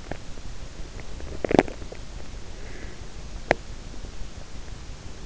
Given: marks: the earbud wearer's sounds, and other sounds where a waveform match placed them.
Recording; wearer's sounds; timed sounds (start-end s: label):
sounds in sleep by an in-ear microphone; teeth grinding
0.00-0.30 s: teeth grinding
1.23-1.93 s: teeth grinding
3.29-3.84 s: teeth grinding